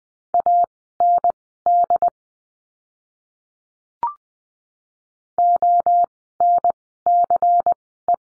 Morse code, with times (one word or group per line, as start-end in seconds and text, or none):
0.3-2.1 AND
5.4-8.2 ONCE